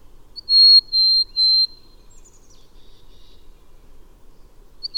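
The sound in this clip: Bird whistling three steady high notes in quick succession, followed by a soft falling note, then quiet until the next phrase begins.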